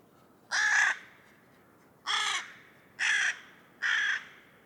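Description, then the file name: Carrion crow calling four harsh, grating caws, the first alone and the last three in quicker succession. "Corvus corone"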